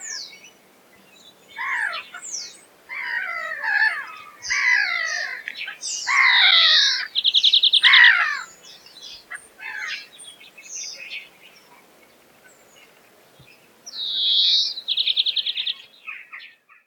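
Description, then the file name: European greenfinch singing, with harsh descending chattering notes mixed with two nasal wheezes, each followed by a quick rattling trill, separated by quiet pauses. "Golosa ptic i zverei - Zelenushka"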